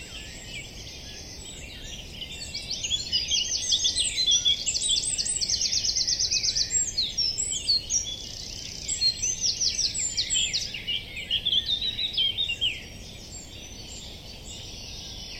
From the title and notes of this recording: Oxford dawn chorus. Dawn chorus recorded in May 2023 at a nature reserve in Oxford - binaural recording. Recorded by Giulia Biasibetti.